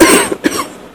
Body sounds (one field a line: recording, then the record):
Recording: coughing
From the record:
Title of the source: 31 night wet cough